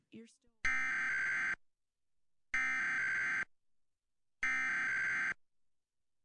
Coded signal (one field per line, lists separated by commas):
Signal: Emergency Alert System (SAME) tones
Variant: header bursts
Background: speech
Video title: Tests and New Stations| EAS Tests from 11/3-11/4 2020 (EAS #93-98)